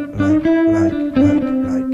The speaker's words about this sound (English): And I like this. I like doing a reverb like this. Have a listen to this. I like doing reverb like this.